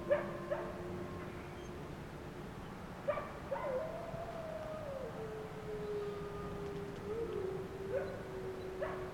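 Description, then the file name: Wolf howls: drawn-out level tones with a rising and falling glide midway, with a few brief sharp sounds scattered throughout. "Wolves"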